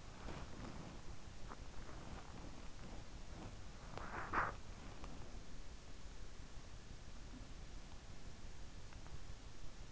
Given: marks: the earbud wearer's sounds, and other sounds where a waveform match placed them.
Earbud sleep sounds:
sounds in sleep by an in-ear microphone; body movement
0.00-4.58 s: body movement

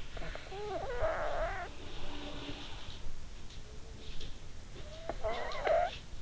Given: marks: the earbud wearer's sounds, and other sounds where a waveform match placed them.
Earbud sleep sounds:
sounds in sleep by an in-ear microphone; snoring breath
0.00-3.06 s: sound from someone else or the room
0.42-2.03 s: snoring breath
3.18-6.22 s: sound from someone else or the room
4.79-6.22 s: snoring breath

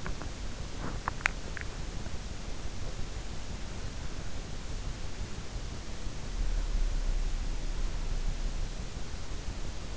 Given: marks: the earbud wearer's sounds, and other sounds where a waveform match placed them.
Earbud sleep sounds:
sounds in sleep by an in-ear microphone; teeth grinding
0.00-1.92 s: teeth grinding

